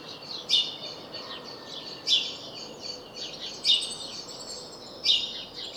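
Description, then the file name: House sparrow chirps, four sharp bright notes repeated about every one and a half seconds, with faint twittering and low steady noise behind. "Passer domesticus"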